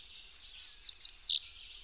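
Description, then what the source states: Indigo Bunting singing one quick phrase of high, paired sweeping notes that tumble downward, lasting just over a second against a quiet background. Bird of the ecotone, edge habitat.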